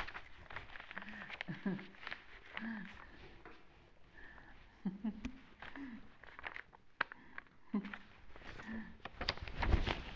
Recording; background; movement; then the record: laughter; quiet; sitting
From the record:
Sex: female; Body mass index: 25.5 kg/m2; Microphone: on the chest, facing the body